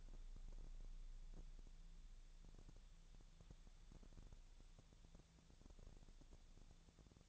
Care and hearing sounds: daily activity, microphone in the room; wipe stove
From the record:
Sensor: 3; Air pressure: 1000.5 hPa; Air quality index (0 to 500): 178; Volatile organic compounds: 4 ppm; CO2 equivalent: 1543 ppm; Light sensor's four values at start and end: 13/30/13/13 and 13/30/13/13

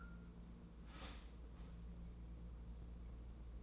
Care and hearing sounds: daily activity, microphone in the room; start toaster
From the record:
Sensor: 1

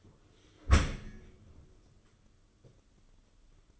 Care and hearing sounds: daily activity, microphone in the room; close dishwasher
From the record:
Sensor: 4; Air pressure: 995.2 hPa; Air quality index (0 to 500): 211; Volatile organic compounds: 225 ppm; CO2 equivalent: 4290 ppm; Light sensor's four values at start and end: 34/104/39/43 and 33/102/38/42

